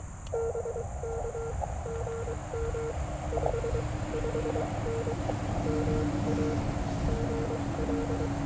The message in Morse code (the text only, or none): BK GM 55N MA GL